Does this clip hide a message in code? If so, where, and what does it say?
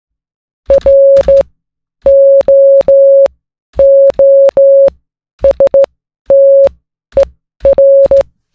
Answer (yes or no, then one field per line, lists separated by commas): yes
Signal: Morse code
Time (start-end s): 0.7-8.2 s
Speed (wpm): 16 wpm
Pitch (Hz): 550 Hz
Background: music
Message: ROOSTER